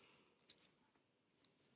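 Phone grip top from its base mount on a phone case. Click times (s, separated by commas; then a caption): 0.5 s. A plastic phone grip top is pressed down and twisted on its base mount on a phone case until it releases and twists free. A sharp click at 0.5 s marks the release, followed by a faint tick at about 1.5 s over low background noise.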